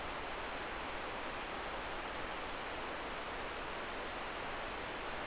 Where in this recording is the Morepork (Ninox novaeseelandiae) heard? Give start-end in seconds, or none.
none